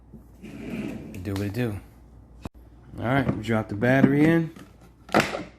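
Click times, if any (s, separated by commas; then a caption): 5.1 s. Someone talks while a plastic slide-in Ryobi One+ battery pack is dropped into the battery bay of a cordless lawnmower. One strong click is heard at 5.2 s as the battery seats.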